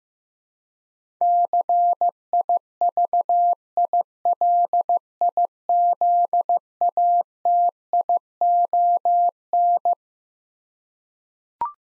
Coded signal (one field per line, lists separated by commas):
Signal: Morse code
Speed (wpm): 16 wpm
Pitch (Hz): 700 Hz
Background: none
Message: CIVILIZATION